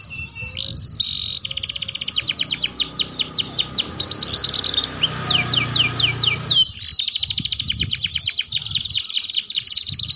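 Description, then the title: Atlantic canary singing after a brief hesitant start: fast high trills, a run of downward-sweeping notes in the middle, then dense rolling trills again, over soft low background noise. Domestic Belgian canary song played to stimulate and warm up other canaries and to tutor young canaries; a vigorously singing bird. "Canto Para Esquentar Canário Belga. Suara Pancingan Kenari Gacor || Bagus Untuk Masteran Kenari Paud"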